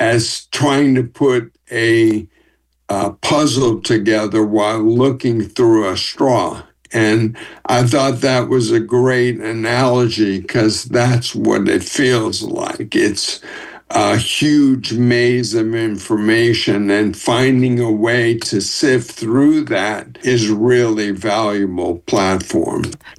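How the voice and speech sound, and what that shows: A man with ALS speaks in a steady, fairly low voice, with long pauses breaking up phrases, drawn-out sounds and a creaky, effortful quality on some vowels: halting, slowed delivery of dysarthria, in someone who was formerly a fast talker. Symptoms began in November 2022 with his walking; ALS was diagnosed in January 2025.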